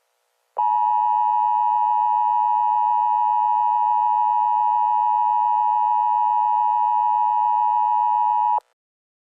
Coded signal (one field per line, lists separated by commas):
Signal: Emergency Alert System (SAME) tones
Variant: 853 and 960 Hz attention tone